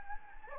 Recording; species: mosquito wingbeat signal from an infrared sensor; Anopheles gambiae